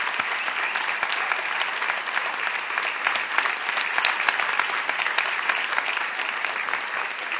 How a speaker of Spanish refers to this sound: Y vamos a extender el aplauso para saludar a Patricio Barton.